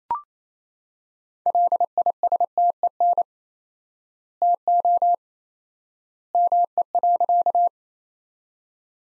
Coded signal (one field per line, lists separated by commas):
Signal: Morse code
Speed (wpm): 28 wpm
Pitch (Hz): 700 Hz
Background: none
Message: LISTEN TO ME.